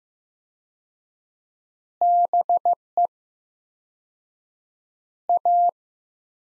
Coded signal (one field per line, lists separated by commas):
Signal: Morse code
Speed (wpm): 15 wpm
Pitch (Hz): 700 Hz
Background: none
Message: BE A